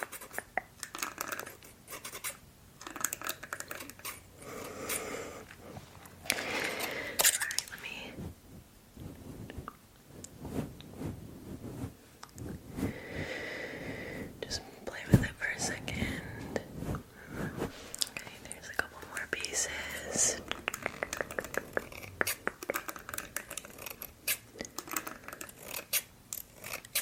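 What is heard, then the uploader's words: Scissors snip, quick clusters of crisp, bright clicks and rustles arriving irregularly throughout. Between bursts come short quiet pauses and soft brushing sounds, with busier, denser cutting around the middle and again near the end. ASMR Haircut & Eyebrow Trim.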